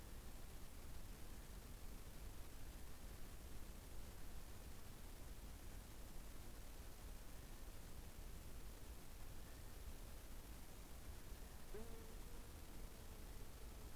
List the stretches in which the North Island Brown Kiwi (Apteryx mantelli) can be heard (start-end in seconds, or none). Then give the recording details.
0.00-12.82. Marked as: faintness 5/5. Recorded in New Zealand on 15 November 2013. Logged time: 00:43. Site BV22